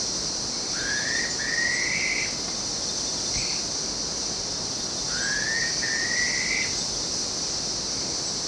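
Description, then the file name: Black-faced pitta giving two-part rising whistles twice, with a short note between, set against a continuous high insect hum. "pitta anerythra"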